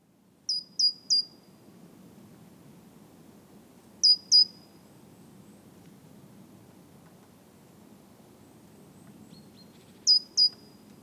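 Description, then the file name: Great tit calling in short bursts of two or three sharp, high, downslurred notes, spaced several seconds apart over soft background noise. "Parus major"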